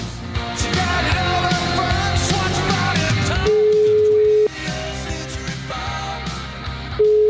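After a few seconds of busy, cluttered sound, the ringing tone of an outgoing call placed to a Lega party official starts: a steady mid-pitched beep lasting about a second, a long pause, then the beep again.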